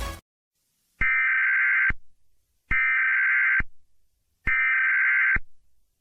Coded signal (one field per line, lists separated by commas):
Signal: Emergency Alert System (SAME) tones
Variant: header bursts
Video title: EAS Scenario/Mock #15 - Boris The Grounding Spree (Remastered)